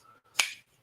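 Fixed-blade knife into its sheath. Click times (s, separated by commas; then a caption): 0.4 s. A fixed-blade knife is pushed into its sheath and seats with a single loud, sharp snap at 0.4 s, a bright burst fading over about a quarter second against a quiet background. The knife clicks into place in the sheath.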